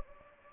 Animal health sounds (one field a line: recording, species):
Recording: mosquito wingbeat signal from an infrared sensor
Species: Anopheles arabiensis